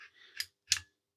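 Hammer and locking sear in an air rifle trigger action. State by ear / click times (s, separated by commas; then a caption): seated / 0.7 s. The cocking arm of an AGT Vulcan 3 PCP air rifle's trigger action is pulled fully back, with a faint scrape, a first click at 0.4 s and a louder, sharper click at 0.7 s. At 0.7 s the hammer and locking sear click into the cocked position, seating so the hammer is arrested and can't fly forward.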